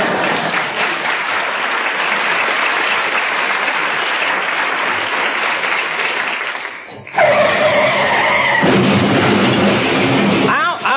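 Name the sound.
car skidding and crashing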